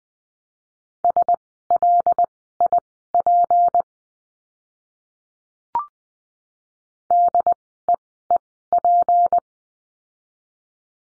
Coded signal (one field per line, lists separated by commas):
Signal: Morse code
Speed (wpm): 20 wpm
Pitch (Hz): 700 Hz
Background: none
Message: SLIP DEEP